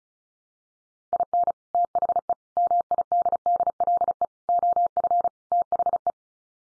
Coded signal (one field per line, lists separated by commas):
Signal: Morse code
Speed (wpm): 34 wpm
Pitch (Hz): 700 Hz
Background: none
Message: IN THE MIDDLE OF THE